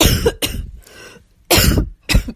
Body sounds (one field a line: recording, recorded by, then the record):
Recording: voluntary cough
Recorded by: messaging app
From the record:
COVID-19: positive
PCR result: self-reported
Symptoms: yes